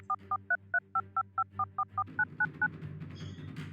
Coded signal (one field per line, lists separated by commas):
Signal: DTMF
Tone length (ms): 80 ms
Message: 4433555444999